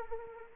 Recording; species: mosquito wingbeat signal from an infrared sensor; Anopheles arabiensis